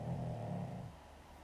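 A dog snoring in the background, a low rumbling snore like a little jackhammer.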